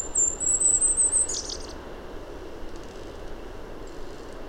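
Bird song: a very high, thin trill of quick notes lasting just over a second, then a brief burst, over a steady low rumble.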